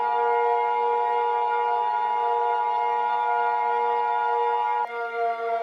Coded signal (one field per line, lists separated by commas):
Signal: Emergency Alert System (SAME) tones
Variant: 853 and 960 Hz attention tone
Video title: EAS Scenario #19 - The Wraith of Admin Romeo